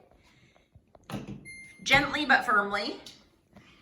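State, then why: Not seated. A child pushes a clothes dryer door shut, and it lands with a thud at about 1.1 s while someone talks. The door fails to latch, and nothing has clicked yet.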